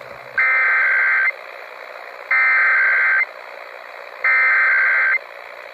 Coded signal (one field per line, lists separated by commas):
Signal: Emergency Alert System (SAME) tones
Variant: header bursts